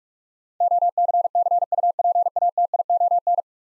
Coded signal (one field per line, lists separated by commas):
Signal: Morse code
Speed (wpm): 44 wpm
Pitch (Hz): 700 Hz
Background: none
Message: OCCUPATION